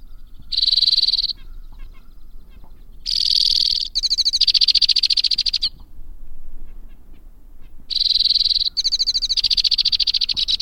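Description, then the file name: White-winged crossbill delivering three bursts of high trilling song, mixing buzzy and rattling segments, separated by pauses. "suara kicauan burung white winged crossbill. omkicau"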